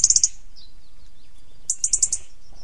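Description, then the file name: European robin calls: quick runs of sharp, high-pitched ticks, one at the start and a longer run near the end, with thin faint whistles between. "Erithacus rubecula"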